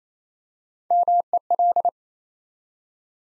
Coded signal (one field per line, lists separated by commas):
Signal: Morse code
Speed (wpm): 27 wpm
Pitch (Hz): 700 Hz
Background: none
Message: MEL